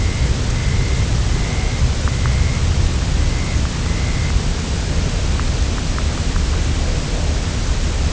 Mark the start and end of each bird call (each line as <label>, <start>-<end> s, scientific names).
Calidris alpina, 0.00-2.64 s
Calidris alpina, 3.15-4.32 s